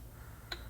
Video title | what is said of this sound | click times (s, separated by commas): Truecraft ratchet | tight tolerances and it clicks into place very satisfying | 0.5 s